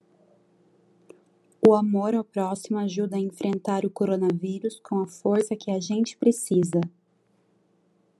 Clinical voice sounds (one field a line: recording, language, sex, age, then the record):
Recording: spoken sentence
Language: Brazilian Portuguese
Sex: female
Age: 20 to 29 years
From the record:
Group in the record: control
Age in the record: 22 years